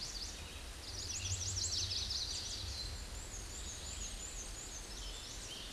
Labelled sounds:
Black-and-white Warbler (Mniotilta varia) song
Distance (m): 40 m
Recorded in a Pennsylvania forest on 19 May 2023 at 10:15
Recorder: AudioMoth, point grid1_9_low
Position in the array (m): 63 m, 63 m

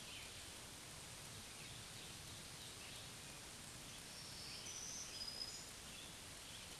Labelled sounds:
Black-throated Green Warbler (Setophaga virens) song
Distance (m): 40 m
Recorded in a Pennsylvania forest on 1 June 2023 at 06:37
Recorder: AudioMoth, point grid3_22_high
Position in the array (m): 254 m, 194 m

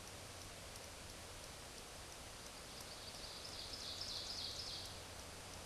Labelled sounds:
Ovenbird (Seiurus aurocapilla) song
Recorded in a Pennsylvania forest on 17 May 2023 at 14:07
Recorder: AudioMoth, point grid1_11_low
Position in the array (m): 165 m, 55 m

